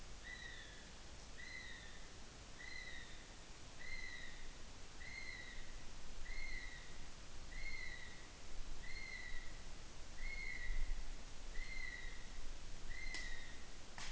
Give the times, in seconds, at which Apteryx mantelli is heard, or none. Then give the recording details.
0.00-14.12. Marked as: faintness 2/5. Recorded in New Zealand on 8 June 2014. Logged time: 02:19